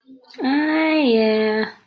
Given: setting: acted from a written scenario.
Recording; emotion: vocal sound without words; neutral